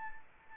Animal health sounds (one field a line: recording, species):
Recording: mosquito wingbeat signal from an infrared sensor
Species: Anopheles arabiensis